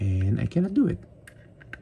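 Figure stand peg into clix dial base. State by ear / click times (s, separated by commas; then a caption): seated / 1.7 s. Someone talks while pressing the stand peg of a plastic Heroclix collectible figure (Excalibur team) into its rotating clix dial base. After the speech, faint ticks come at 1.3 s and 1.6 s, then a sharp click at 1.7 s as the figure seats onto the dial base.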